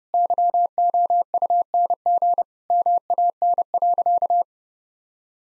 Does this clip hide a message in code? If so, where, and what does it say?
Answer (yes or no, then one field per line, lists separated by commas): yes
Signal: Morse code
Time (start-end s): 0.1-4.4 s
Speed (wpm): 30 wpm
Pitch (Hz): 700 Hz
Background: none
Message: YOUNG MAN.